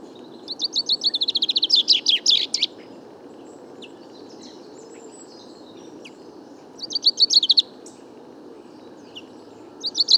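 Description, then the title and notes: Common chaffinch singing: a long run of bright repeated notes, then after a pause a shorter phrase, and the start of another at the end. Bois de Vincennes, 16 February 2019; first song of the year, fine weather prompting song; somewhat confused, weaker than typical, small babbles, a courtship song to females around; Nagra recorder, mono parabolic microphone. "Premier Pinson des arbres 2019. Bois de Vincennes - 16 février 2019"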